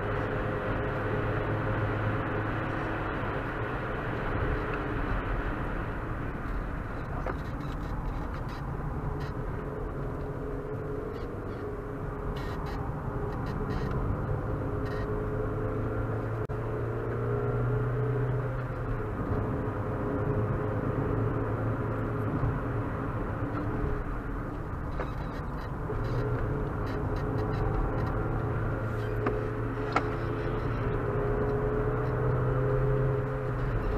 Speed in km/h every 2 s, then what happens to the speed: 102, 106, 99, 58, 51, 56, 58, 66, 73, 77, 83, 86, 66, 64, 69, 71, 77.
3-8 brakes to 51. 8-21 speeds up to 86. 22-25 brakes to 64. 25-34 speeds up to 77.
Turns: 6-14, 24-28.